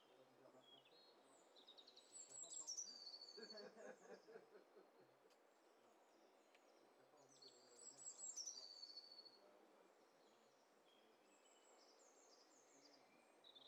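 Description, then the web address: Birds singing over one another, high thin whistles and trills in two bursts, with a lower buzzing, insect-like rattle in between and a steady background hiss. Overlapping mix of several birds, from a bird cocktail party challenge test set. "Hi Fi STEREO BIRD COCKTAIL PARTY Challenge"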